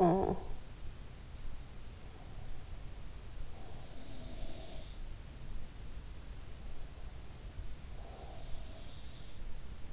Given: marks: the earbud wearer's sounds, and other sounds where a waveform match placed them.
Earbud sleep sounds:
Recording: sounds in sleep by an in-ear microphone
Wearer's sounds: talking in sleep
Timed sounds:
0.00-0.51 s: talking in sleep
3.40-4.89 s: sound from someone else or the room
7.93-9.00 s: sound from someone else or the room

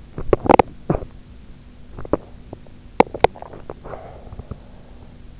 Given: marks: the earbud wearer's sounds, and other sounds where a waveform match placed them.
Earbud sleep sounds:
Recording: sounds in sleep by an in-ear microphone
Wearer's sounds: teeth grinding, swallowing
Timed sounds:
0.14-1.10 s: teeth grinding
2.01-3.31 s: teeth grinding
3.31-5.13 s: swallowing

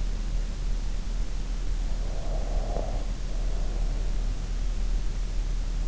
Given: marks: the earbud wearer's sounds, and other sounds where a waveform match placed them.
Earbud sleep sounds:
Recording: sounds in sleep by an in-ear microphone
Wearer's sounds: breath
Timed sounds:
1.51-4.51 s: breath

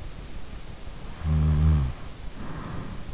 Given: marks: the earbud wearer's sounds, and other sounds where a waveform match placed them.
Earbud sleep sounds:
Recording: sounds in sleep by an in-ear microphone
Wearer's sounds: snoring breath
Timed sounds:
1.20-3.05 s: snoring breath

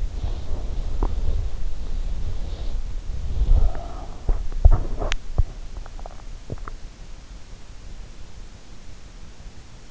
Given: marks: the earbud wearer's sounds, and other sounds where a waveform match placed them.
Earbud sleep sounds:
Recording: sounds in sleep by an in-ear microphone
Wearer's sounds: teeth grinding, breath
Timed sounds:
0.00-3.25 s: teeth grinding
3.07-4.18 s: breath
3.99-6.92 s: teeth grinding

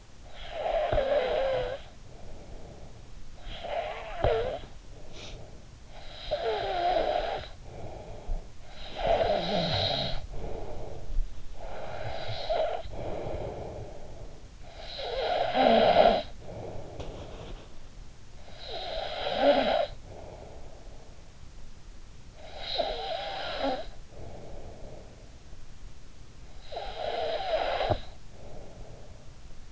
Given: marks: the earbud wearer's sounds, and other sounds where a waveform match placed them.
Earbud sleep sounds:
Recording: sounds in sleep by an in-ear microphone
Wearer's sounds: snoring breath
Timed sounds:
0.00-2.97 s: snoring breath
3.17-5.62 s: snoring breath
5.85-25.40 s: snoring breath
26.37-29.57 s: snoring breath

